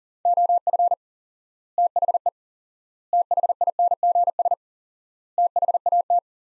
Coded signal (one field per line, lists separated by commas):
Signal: Morse code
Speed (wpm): 40 wpm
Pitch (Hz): 700 Hz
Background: none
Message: OF THE THINGS THAT